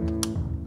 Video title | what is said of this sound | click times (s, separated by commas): How to quickly replace the black and white imaging kit: Xerox VersaLink C625 | until they snap in place or until they're flushed with this side right here | 0.2 s